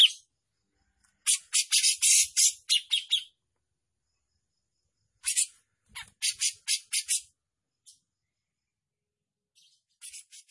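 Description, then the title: Grey-cheeked bulbul giving short runs of rasping, buzzy notes separated by silent gaps of a few seconds. Singing actively (gacor), described as mewah mbeset ngepik. "Cucak Jenggot Gacor, Mewah Mbeset Ngepik"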